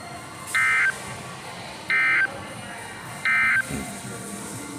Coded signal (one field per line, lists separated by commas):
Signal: Emergency Alert System (SAME) tones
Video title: TWO DAYS OF SEVERENESS (EAS 119-124)